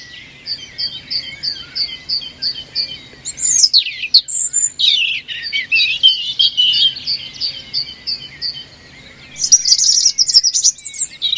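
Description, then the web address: European robin singing a steady series of short high notes, then thin descending whistles and a rich, jumbled warble, ending with a loud sparkling phrase. "cianscape birddata Deverinetal 2025 File origin Bird Only Er Ru Er Ru"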